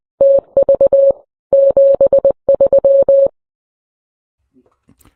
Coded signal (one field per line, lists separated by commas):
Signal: Morse code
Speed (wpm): 20 wpm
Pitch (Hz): 550 Hz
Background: none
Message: TV 73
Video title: Winter Weather Alert: Sub-Freezing Temperatures & Potential Dangers Ahead